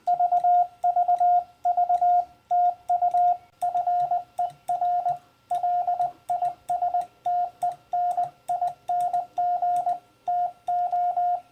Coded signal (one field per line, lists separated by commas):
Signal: Morse code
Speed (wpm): 20 wpm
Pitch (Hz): 710 Hz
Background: radio noise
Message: VVV TU FER LISTENING TO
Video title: Story + Paddle Hint for MFJ and Bencher Paddle Users